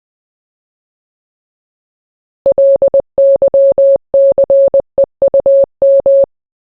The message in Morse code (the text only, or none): LYCEUM